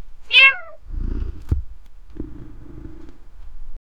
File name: wondering cats meow